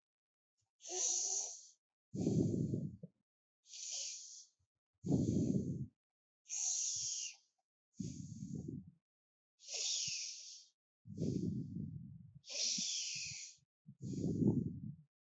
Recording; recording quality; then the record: deep breathing; excellent, no background noise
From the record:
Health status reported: healthy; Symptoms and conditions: none ticked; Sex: male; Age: 23 years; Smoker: not ticked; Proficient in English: yes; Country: India